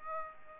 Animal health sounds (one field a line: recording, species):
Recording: mosquito wingbeat signal from an infrared sensor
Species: Aedes aegypti